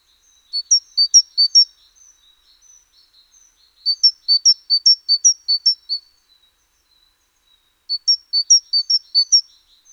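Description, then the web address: Great tit song in three bursts, each a rapid string of paired high notes, low then high, with soft fainter notes between bursts. "SETE Parus major"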